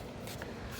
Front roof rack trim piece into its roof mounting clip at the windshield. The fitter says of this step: then press it. You hear it snapped in, and